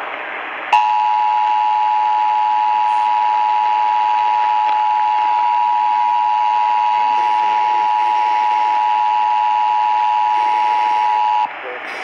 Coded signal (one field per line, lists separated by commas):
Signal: Emergency Alert System (SAME) tones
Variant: 853 and 960 Hz attention tone